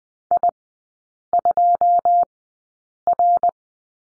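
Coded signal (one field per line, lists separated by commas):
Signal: Morse code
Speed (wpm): 19 wpm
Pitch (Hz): 700 Hz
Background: none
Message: I2R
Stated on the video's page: Morse course lesson on the number 7, three characters, Farnsworth speed 20/10 wpm.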